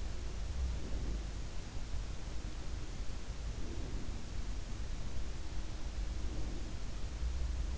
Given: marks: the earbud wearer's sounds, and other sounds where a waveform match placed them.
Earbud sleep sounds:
sounds in sleep by an in-ear microphone; breath
0.00-1.55 s: breath
2.58-4.41 s: breath
5.84-7.31 s: breath

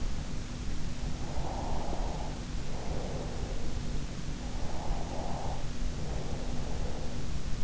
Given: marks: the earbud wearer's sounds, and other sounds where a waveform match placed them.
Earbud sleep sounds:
sounds in sleep by an in-ear microphone; breath
1.55-3.64 s: breath
4.55-7.07 s: breath

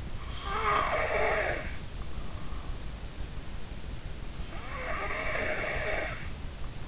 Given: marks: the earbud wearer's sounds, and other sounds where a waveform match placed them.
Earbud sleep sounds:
sounds in sleep by an in-ear microphone; snoring breath
0.29-2.74 s: snoring breath
4.45-6.26 s: snoring breath

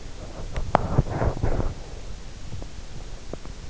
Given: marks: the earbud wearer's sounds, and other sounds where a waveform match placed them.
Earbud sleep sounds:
sounds in sleep by an in-ear microphone; teeth grinding
0.25-3.66 s: teeth grinding

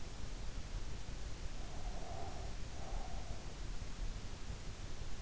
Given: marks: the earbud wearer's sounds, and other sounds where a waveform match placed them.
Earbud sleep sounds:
sounds in sleep by an in-ear microphone; breath
1.80-3.51 s: breath

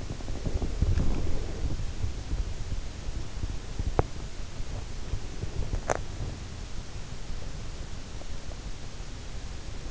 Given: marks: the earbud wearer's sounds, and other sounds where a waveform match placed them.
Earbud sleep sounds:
sounds in sleep by an in-ear microphone; teeth grinding
0.00-6.51 s: teeth grinding

